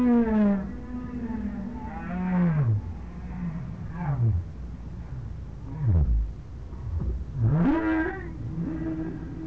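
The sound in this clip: Whale moans and groans: a string of tonal calls, several sliding downward into deep grunts, one rising sharply, spaced a couple of seconds apart.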